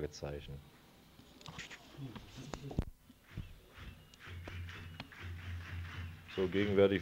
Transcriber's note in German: Rhythmisches Klatschen vieler Menschen im Hintergrund, im Takt dazu poltert es dumpf